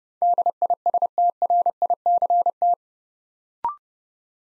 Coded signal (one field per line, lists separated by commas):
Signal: Morse code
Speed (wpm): 30 wpm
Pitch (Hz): 700 Hz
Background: none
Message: DISTRICT